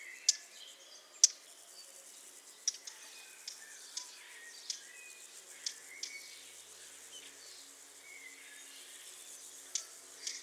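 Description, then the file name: Eurasian blackcap giving hard, clicking tack calls, irregularly spaced about once a second. "Sylvia atricapilla"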